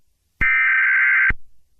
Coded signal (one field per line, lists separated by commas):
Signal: Emergency Alert System (SAME) tones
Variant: header bursts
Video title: EAS 1